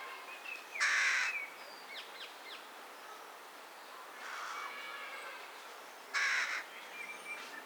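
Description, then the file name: Carrion crow uttering two loud, rasping caws several seconds apart, with a softer caw between and thin bird notes in the background. "Corvus corone"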